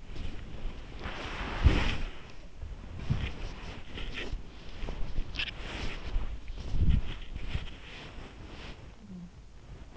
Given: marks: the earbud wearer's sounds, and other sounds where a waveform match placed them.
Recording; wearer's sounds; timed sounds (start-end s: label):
sounds in sleep by an in-ear microphone; body movement
0.00-9.01 s: body movement